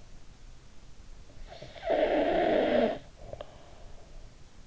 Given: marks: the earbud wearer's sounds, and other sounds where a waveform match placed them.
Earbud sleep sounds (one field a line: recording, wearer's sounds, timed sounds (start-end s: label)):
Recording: sounds in sleep by an in-ear microphone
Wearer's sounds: snoring breath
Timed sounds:
1.19-3.99 s: snoring breath